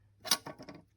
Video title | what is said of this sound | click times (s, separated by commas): How to set DOC 250 Trap - A Step-by-Step Guide for Effective Predator Control | and you should hear it click to reset | 0.3 s